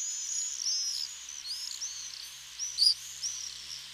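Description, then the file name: Common swift calls, shrill thin screams in quick succession, one louder near the end. "Tornseglare"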